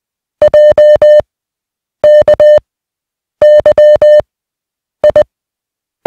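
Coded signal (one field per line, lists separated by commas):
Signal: Morse code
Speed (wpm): 20 wpm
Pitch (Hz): 600 Hz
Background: music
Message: J K Y I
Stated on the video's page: Morse receiving practice of 150 random single characters at 20 wpm.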